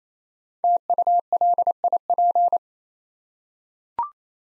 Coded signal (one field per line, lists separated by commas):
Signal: Morse code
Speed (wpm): 29 wpm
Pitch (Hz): 700 Hz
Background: none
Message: TULIP